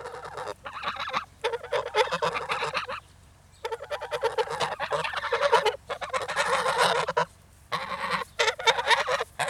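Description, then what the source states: Goose: geese giving harsh honking and hissing calls in overlapping bursts of about a second or two, several birds calling at once with short pauses between bursts. Several angry geese, shouting and hissing, recorded close.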